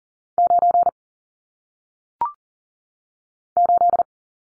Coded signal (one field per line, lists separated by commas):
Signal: Morse code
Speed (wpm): 42 wpm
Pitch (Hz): 700 Hz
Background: none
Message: 9 8